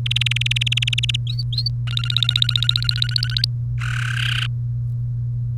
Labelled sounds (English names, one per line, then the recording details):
Domestic Canary song
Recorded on 30 April 2018 at 16:46
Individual llb3